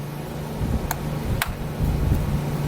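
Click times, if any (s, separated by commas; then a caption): 1.4 s. A PCV hose connector is pressed by hand onto the valve cover port of a 2006-2010 Ford Fusion/Mercury Milan 2.3L DOHC 4-cylinder engine during a valve cover gasket replacement, over a steady low hum. A quieter tick comes at 0.9 s, then the fitting snaps in with a sharp click at 1.4 s and is seated.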